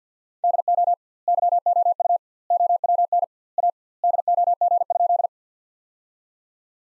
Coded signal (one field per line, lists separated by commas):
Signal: Morse code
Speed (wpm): 50 wpm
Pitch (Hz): 700 Hz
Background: none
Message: DO YOU OWN A DOG?